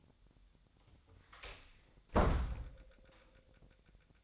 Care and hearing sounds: daily activity, microphone in the room; close door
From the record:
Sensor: 3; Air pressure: 1007.1 hPa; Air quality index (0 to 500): 204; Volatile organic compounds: 18 ppm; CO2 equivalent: 2610 ppm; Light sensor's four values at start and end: 12/28/12/12 and 12/28/12/12

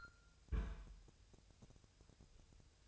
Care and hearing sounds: daily activity, microphone in the room; place on stove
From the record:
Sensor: 2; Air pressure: 999.2 hPa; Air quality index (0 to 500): 196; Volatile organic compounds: 27 ppm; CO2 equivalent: 2897 ppm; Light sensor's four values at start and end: 6/15/6/6 and 6/15/6/6

